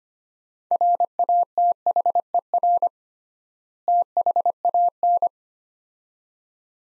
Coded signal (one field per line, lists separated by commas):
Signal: Morse code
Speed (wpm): 25 wpm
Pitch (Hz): 700 Hz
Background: none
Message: RATHER THAN